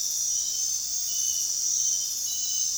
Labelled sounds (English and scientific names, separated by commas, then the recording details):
none
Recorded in dense forest near Puerto Asís, Putumayo, Colombia, on 25 June 2025 at 21:30
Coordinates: 0.466, -76.327
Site GP04